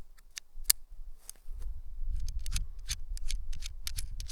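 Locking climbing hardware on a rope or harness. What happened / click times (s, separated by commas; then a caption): The metal locking gear snapped shut / 0.7 s. A metal piece of climbing or safety gear, probably a carabiner or lock on a rope or harness, is worked with a series of sharp metallic clicks before a tree climb. The loudest click comes at 0.7 s, when the gear locks, and is followed by more clicking and low rustling.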